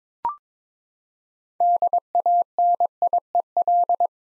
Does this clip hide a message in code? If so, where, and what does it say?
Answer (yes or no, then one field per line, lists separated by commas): yes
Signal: Morse code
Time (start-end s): 1.6-4.1 s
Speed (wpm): 22 wpm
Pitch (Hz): 700 Hz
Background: none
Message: DANIEL